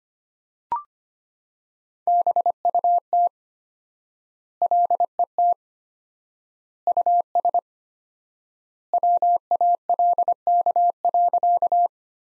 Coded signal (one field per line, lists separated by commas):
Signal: Morse code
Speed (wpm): 25 wpm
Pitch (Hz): 700 Hz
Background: none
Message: BUT LET US WALK.